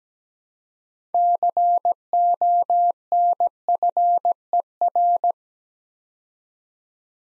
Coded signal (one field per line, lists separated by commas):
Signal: Morse code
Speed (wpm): 17 wpm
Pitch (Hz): 700 Hz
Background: none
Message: CONFER